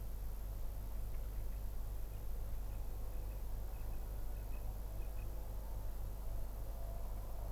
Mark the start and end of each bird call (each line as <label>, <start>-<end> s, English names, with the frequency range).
Common Quail (2.3-3.1 kHz), 2.10-2.18 s
Common Quail (2.4-2.9 kHz), 2.69-3.34 s
Common Quail (2.4-2.8 kHz), 3.73-3.99 s
Common Quail (2.4-2.8 kHz), 4.36-4.58 s
Common Quail (2.3-2.8 kHz), 4.99-5.24 s